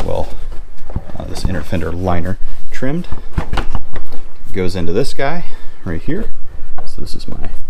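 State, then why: Not seated. Someone talks while handling a trimmed inner fender liner, bringing it up to the bumper/bash bar mounting it goes into. A brief sharp sound occurs near 4.0 s under the talking, but the liner has not seated or clicked into place yet.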